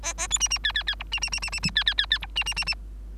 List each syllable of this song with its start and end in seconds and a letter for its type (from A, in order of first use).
0.03-0.13 A, 0.17-0.28 A, 0.30-0.39 B, 0.40-0.48 C, 0.50-0.58 C, 0.64-0.72 D, 0.74-0.83 D, 0.87-0.95 D, 0.99-1.03 E, 1.11-1.20 C, 1.21-1.30 C, 1.32-1.40 C, 1.42-1.50 C, 1.52-1.60 C, 1.62-1.71 C, 1.75-1.84 D, 1.86-1.94 D, 1.98-2.06 D, 2.10-2.18 D, 2.21-2.26 E, 2.35-2.44 C, 2.46-2.54 C, 2.56-2.64 C, 2.66-2.75 C